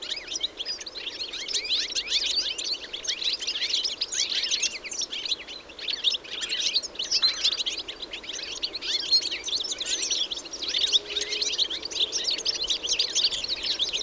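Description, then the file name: European goldfinch chattering at length, a near-continuous mass of bright, jangling chirps and trills. "Carduelis carduelis"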